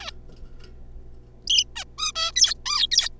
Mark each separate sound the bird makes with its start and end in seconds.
0.01-0.10, 1.47-1.64, 1.76-1.84, 1.98-2.12, 2.16-2.32, 2.36-2.54, 2.66-2.87, 2.91-3.09